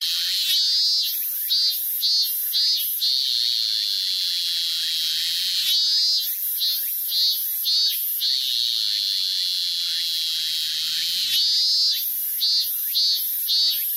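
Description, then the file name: Robust cicada singing loud, high buzzy pulsed phrases of rapid throbbing beats, each phrase repeated roughly every five to six seconds over a continuous shrill drone. "minminzemi"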